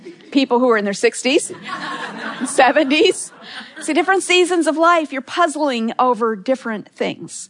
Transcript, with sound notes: People who are in their sixties, seventies. (laughter) In different seasons of life, you’re puzzling over different things.